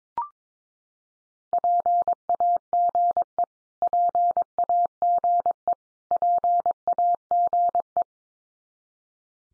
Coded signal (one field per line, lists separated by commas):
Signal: Morse code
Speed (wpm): 22 wpm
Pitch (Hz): 700 Hz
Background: none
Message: PAGE PAGE PAGE